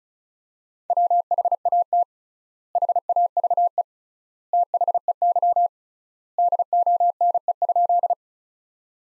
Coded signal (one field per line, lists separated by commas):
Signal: Morse code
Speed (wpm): 36 wpm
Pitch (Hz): 700 Hz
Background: none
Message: WHAT HAVE THEY DONE?